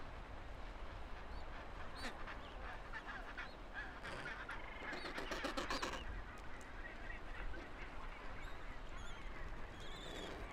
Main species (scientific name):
Pygoscelis papua